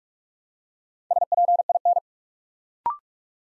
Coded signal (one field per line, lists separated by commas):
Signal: Morse code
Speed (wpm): 44 wpm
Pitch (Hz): 700 Hz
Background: none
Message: SPIN